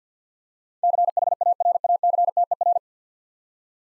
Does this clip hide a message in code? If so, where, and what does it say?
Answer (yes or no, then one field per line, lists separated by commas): yes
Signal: Morse code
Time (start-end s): 0.8-2.8 s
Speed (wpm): 48 wpm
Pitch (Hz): 700 Hz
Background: none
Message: CHARACTER